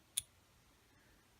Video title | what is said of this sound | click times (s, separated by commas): aac ump defender part 2: assembly | you'll know when they fall in place because they'll you'll hear them snap | 0.2 s